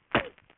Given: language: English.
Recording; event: throat vibration sensor signal played as sound; cough